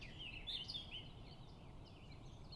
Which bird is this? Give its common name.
Eurasian Blackcap